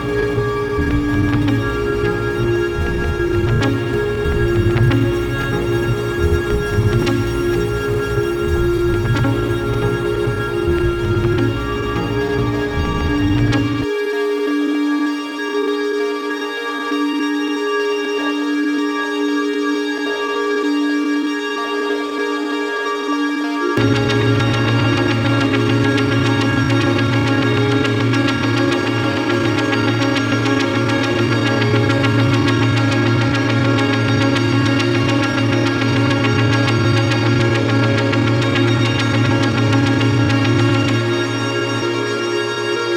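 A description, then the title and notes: A synthesised soundscape of dense, steady tones with a low droning bed and bright sustained lines above. Around fourteen seconds the low end drops out, leaving thinner ringing tones, until about twenty-four seconds, when a fuller, brighter texture returns and holds to the end. A synthesised soundscape.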